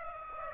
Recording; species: mosquito wingbeat signal from an infrared sensor; Aedes aegypti